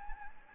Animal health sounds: mosquito wingbeat signal from an infrared sensor; Anopheles arabiensis

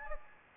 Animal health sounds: mosquito wingbeat signal from an infrared sensor; Anopheles gambiae

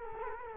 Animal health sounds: mosquito wingbeat signal from an infrared sensor; Culex quinquefasciatus

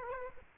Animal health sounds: mosquito wingbeat signal from an infrared sensor; Aedes aegypti

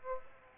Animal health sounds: mosquito wingbeat signal from an infrared sensor; Aedes aegypti

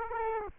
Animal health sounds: mosquito wingbeat signal from an infrared sensor; Aedes aegypti

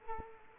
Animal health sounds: mosquito wingbeat signal from an infrared sensor; Culex quinquefasciatus

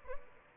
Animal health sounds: mosquito wingbeat signal from an infrared sensor; Aedes albopictus

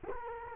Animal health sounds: mosquito wingbeat signal from an infrared sensor; Culex quinquefasciatus

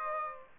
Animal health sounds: mosquito wingbeat signal from an infrared sensor; Aedes aegypti

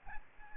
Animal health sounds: mosquito wingbeat signal from an infrared sensor; Aedes albopictus

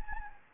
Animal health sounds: mosquito wingbeat signal from an infrared sensor; Anopheles gambiae

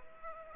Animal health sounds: mosquito wingbeat signal from an infrared sensor; Aedes aegypti

